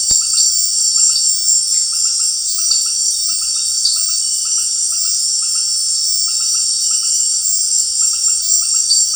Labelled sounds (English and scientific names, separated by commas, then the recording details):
none
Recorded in secondary vegetation near Puerto Asís, Putumayo, Colombia, on 12 March 2025 at 18:30
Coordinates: 0.499, -76.323
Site G094